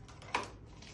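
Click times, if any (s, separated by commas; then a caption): 0.4 s. A clear plastic expiratory valve with its diaphragm fitted is twisted into the expiratory port of a Hamilton-C3 ventilator housing. Over a faint low background hum, a single sharp, short click at 0.4 s marks the valve seating into place.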